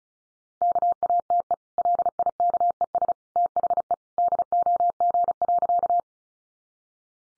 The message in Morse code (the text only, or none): KATE LIKES THE DOG.